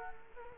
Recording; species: mosquito wingbeat signal from an infrared sensor; Culex quinquefasciatus